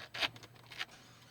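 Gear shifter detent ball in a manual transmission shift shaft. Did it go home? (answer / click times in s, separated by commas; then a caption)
yes / 0.2 s. A Datsun 280ZX gear shifter fitted to a 280Z is pushed past the spring-loaded detent ball in the manual transmission shift shaft, and it clicks into gear with a clear knock at 0.2 s. Fainter taps follow, with a brief sharp tick near 0.8 s, and the shifter is seated in gear.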